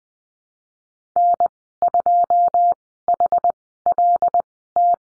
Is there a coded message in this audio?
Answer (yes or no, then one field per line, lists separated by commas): yes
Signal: Morse code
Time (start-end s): 1.2-4.9 s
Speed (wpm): 20 wpm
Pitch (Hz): 700 Hz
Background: none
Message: N2HLT